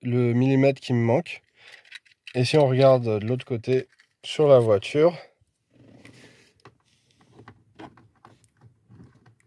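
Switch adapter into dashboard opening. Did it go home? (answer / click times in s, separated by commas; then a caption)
no / none. A home-made 3D-printed plastic adapter for a fog-light switch is pushed into its opening in a car's dashboard while someone talks. Small, faint clicks and scrapes follow as it is pressed. It does not go in, because it is slightly too big and its small clip lugs do not flex in the rigid plastic, so nothing has seated or clicked yet and it is to be filed down.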